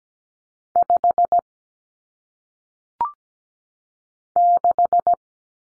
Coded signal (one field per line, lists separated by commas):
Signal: Morse code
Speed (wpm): 17 wpm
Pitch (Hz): 700 Hz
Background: none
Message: 5 6